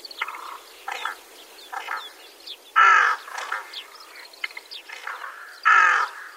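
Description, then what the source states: Rooks in a flock trading softer caws, punctuated by two loud, grating caws a few seconds apart. Flock of rooks, cold-season-only winter visitor, in winter rice paddies in Itakura town, Gunma Prefecture, Japan.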